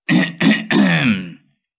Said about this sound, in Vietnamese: Lão Hậu hắng giọng.